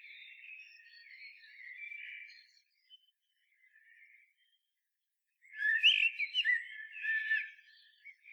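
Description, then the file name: Common blackbird mellow warbling phrase, a near-silent pause, then a louder twittering burst of chirps and whistles. "Turdus merula"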